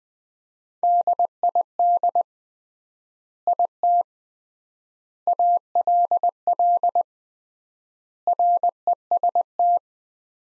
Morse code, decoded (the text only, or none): DID IT ALL REST